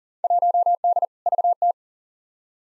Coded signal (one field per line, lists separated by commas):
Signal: Morse code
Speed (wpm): 38 wpm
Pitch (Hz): 700 Hz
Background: none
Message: 1D VT